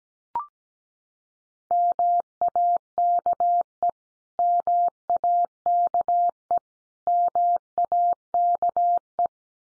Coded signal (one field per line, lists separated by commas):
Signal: Morse code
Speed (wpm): 17 wpm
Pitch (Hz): 700 Hz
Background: none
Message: MAKE MAKE MAKE